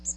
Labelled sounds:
Magnolia Warbler flight call

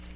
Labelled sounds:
Magnolia Warbler flight call

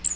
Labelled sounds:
Magnolia Warbler flight call

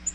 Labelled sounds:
Nashville Warbler flight call

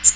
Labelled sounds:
Magnolia Warbler flight call

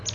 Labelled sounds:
Palm Warbler flight call

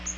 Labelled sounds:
Bay-breasted Warbler flight call

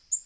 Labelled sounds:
Black-throated Green Warbler flight call

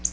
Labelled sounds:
Black-throated Blue Warbler flight call

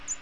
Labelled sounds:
American Redstart flight call

